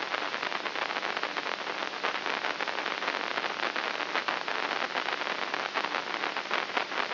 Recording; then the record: brain microelectrode recording played as sound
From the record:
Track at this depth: inside the subthalamic nucleus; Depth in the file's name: 2.24 mm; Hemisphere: right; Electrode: 3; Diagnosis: Parkinson's disease